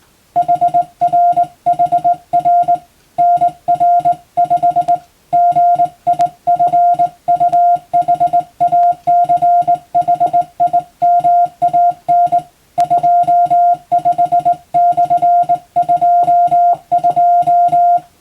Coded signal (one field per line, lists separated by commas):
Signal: Morse code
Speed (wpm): 19 wpm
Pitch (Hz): 700 Hz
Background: music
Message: HRHR NR5 GIFUHACHIMAN 25/22